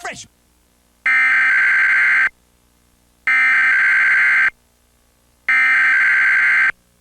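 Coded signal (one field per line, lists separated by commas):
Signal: Emergency Alert System (SAME) tones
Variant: header bursts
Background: speech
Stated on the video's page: Comcast cable required weekly test recorded during a Nicktoons rerun, with a duplicate test sent.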